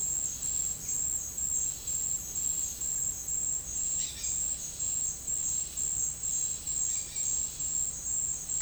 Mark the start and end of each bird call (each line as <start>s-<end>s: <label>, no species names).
3.97s-4.47s: bird call
6.91s-7.32s: bird call